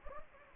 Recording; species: mosquito wingbeat signal from an infrared sensor; Anopheles gambiae